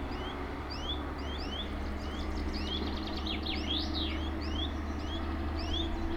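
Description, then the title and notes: Bird calls: quick slurred chirps in rapid succession, with a brief cluster of overlapping notes, against strong low engine-like rumble. Two birds calling in competition at Buchet, Germany; a bus drives on the street to the west and a plane flies over the area. "Buchet, Deutschland - Vogelwettschreien. Birds battle. Zwei Vögel schreien um die Wette, auf der westlich gelegenen Straße fährt ein Bus, ein Flugzeug fliegt über das Gebiet"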